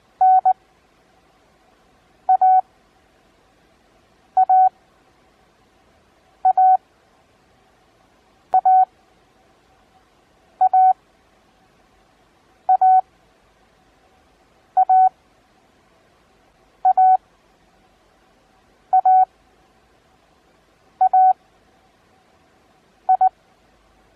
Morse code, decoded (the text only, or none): N A A A A A A A A A A I